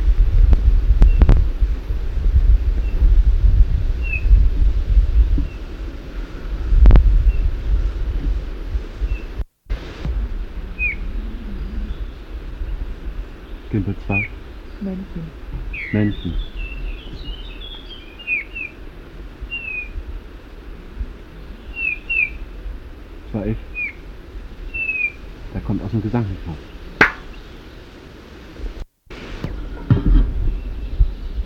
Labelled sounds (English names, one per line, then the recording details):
Eurasian Bullfinch song
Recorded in the wild
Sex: male
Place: Schwerin, Lewitz, Mecklenburg-Vorpommern, DE
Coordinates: 53.636, 11.401
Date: 1972-06-21
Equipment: Nagra III BH, Sennheiser MD 21, parabola
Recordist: Schubert, Michael